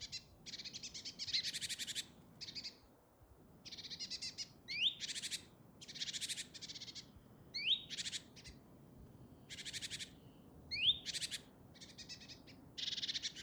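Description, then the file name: Great tit scolding churrs in repeated rattling bursts, with upswept whistled notes recurring every few seconds. "Parus major"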